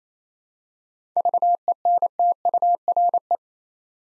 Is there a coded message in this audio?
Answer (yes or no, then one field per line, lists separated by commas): yes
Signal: Morse code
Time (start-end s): 1.2-3.4 s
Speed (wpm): 27 wpm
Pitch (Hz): 700 Hz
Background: none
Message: VENTURE